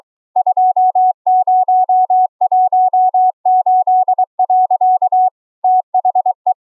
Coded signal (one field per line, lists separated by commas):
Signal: Morse code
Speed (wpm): 23 wpm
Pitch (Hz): 740 Hz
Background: none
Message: 2018. THE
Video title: Morse Code audio & video QSO over internet between 4 CW OPs using the FREE Discord Voice Chat APP